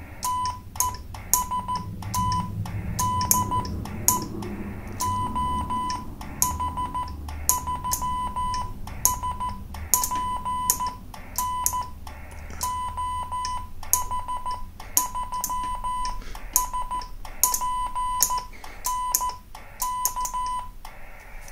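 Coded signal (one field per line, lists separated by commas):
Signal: Morse code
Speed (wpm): 14 wpm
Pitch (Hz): 1000 Hz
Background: none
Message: TEST DE OH3SPN OH3SPN K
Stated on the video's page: CW sent with a Chinese paddle on a Yaesu FT817 into a portable SPX-100 nine-band antenna with single counterpoise during a demo.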